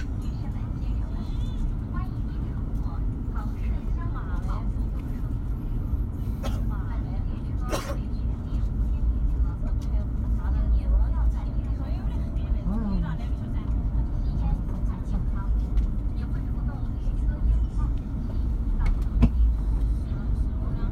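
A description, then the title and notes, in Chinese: A train journey recorded aboard the train: a heavy, steady low rumble runs through the whole recording with little change. Faint voices murmur underneath, and a few sharp knocks or clacks stand out near 7 and 8 seconds and again around 19 seconds. 火车旅行。上一趟年代久远的火车。地点：火车上。各种耳语迎面铺来。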